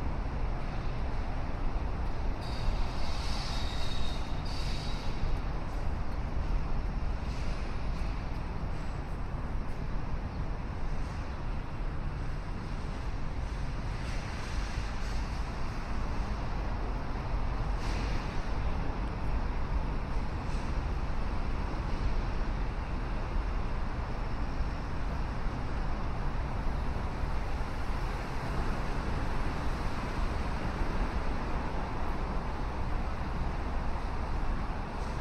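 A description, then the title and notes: A downtown Chicago morning: a steady, dense roar of traffic fills the whole 35 seconds with a low rumble that never lets up. Brief brighter sounds cut through now and then, around 3–5, 15 and 18 seconds, like passing vehicles or hisses. River Walk at Sunrise, Binaural City Sounds. Morning walk in Downtown Chicago, Illinois during the morning sunrise. I'm visiting Chicago for a few weeks in Chicago and wanted to record this on a chill morning when the River Walk wouldn't be to overly crowded with people.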